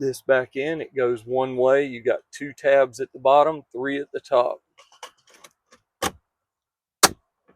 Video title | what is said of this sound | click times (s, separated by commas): Ford F150 Changing Two Air Filters. How To… | Pops right in. | 7.0 s